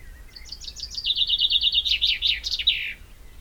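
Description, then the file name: Common chaffinch song: a few high opening notes, then an even, fast trill that gathers into a bold flourishing finish. "Fringilla coelebs"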